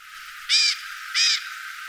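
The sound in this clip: Bird giving two short, harsh calls in quick succession over a faint steady hiss.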